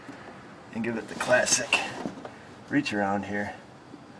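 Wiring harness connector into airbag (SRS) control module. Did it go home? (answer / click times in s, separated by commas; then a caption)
no / none. A mechanic reaches blind behind a side panel under the dash to handle the side impact sensor wiring connector going back into the far-end socket of the SRS airbag control module. Someone talks while faint handling noises are heard, including a brief tap at about 2.3 s. Nothing has seated or clicked yet.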